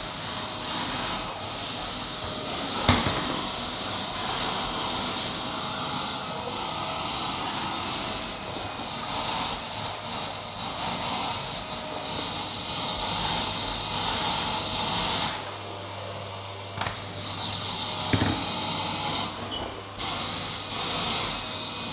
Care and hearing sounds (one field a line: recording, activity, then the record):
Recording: daily activity, microphone in the room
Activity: vacuum cleaning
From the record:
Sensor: 3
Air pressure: 1010.2 hPa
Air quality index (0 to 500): 171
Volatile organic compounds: 10 ppm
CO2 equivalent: 2232 ppm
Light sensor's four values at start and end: 60/137/63/70 and 47/117/51/56